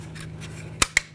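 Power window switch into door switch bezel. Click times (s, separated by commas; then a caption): 0.8 s, 1.0 s. A new power window switch for a 2014-2018 GMC Sierra 1500 is slid into the door trim bezel and pressed until it locks in place. Two sharp clicks are heard at 0.8 s and 1.0 s, and the switch is seated.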